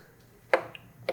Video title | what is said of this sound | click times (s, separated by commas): 2018 BMW S1000RR Fairing Removal/Installation on our 2020 STG Project Bike - Sportbike Track Gear | You can kind of hear a little click. | 0.5 s